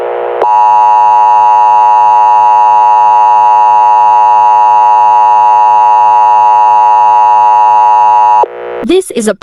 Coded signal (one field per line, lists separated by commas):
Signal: Emergency Alert System (SAME) tones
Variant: 853 and 960 Hz attention tone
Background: speech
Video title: Severe life threat eas simulation